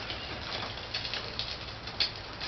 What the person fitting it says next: got it lined up there and it just snaps right into place